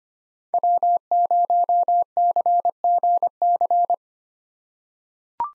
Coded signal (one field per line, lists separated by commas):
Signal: Morse code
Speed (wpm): 25 wpm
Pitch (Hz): 700 Hz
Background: none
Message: W0CGC